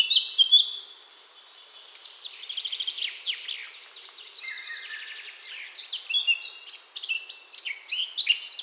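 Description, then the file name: Eurasian blackcap warbling: a brief loud whistle, then a rapid scratchy chatter of varied notes, becoming louder and more jumbled toward the end. "Sylvia atricapilla"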